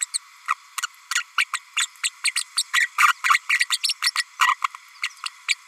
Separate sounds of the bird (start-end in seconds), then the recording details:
0.01-0.06, 0.14-0.18, 0.48-0.55, 0.82-0.86, 1.15-1.23, 1.38-1.45, 1.53-1.60, 1.76-1.87, 2.03-2.10, 2.23-2.31, 2.35-2.44, 2.56-2.63, 2.73-2.88, 2.98-3.13, 3.23-3.40, 3.49-3.60, 3.70-3.78, 3.83-3.94, 4.02-4.11, 4.16-4.23, 4.46-4.54, 4.63-4.67, 5.03-5.08, 5.48-5.54. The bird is a female. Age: 32 days. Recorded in a nest box in Venezuela. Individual 17B32A5